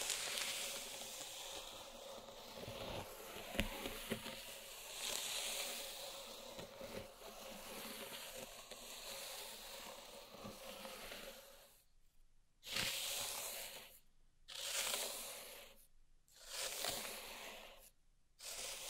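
Pink salt in a zen garden is raked with a dense, gritty hiss, steady for twelve seconds, then breaking into separate strokes with silent pauses.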